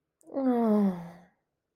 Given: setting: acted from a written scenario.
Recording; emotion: vocal sound without words; sympathy